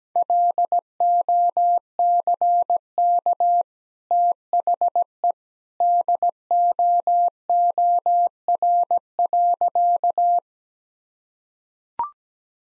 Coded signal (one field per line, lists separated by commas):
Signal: Morse code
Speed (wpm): 17 wpm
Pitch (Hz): 700 Hz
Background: none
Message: LOCK THE DOOR.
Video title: Easy Sentences with Hints - 17wpm